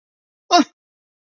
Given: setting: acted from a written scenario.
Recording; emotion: vocal sound without words; negative surprise